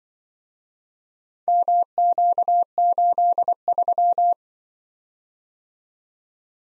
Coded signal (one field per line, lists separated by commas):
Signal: Morse code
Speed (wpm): 24 wpm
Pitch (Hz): 700 Hz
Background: none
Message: MQ83